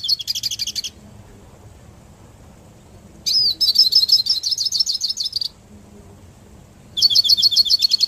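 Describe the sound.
Hooded siskin twittering song, three high, fast bursts of chattering notes and buzzy trills broken by short silences.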